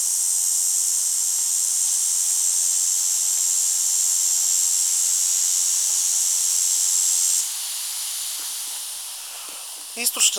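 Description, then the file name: Tibicina haematodes song, a loud continuous high buzz that stops abruptly after about seven seconds, followed by quieter hiss and a few clicks at the end. "haematodes"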